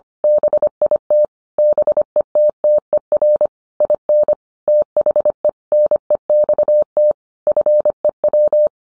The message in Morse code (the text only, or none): BIT BETTER IN THE NEXT FEW